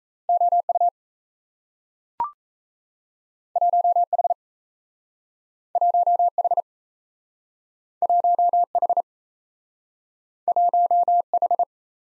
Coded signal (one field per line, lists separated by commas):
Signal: Morse code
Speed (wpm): 38 wpm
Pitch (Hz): 700 Hz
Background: none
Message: OU 1H 1H 1H 1H